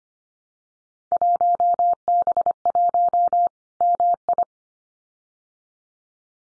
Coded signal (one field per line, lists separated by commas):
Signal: Morse code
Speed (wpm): 25 wpm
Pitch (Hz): 700 Hz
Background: none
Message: 1B1 MI